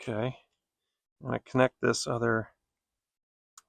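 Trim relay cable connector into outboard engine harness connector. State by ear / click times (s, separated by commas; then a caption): seated / 3.6 s. Someone talks, then a plastic wiring harness connector on a trim relay cable for an Evinrude E-Tec outboard engine is pushed into the engine harness connector. It gives a short, sharp click at 3.6 s as the connector seats in place.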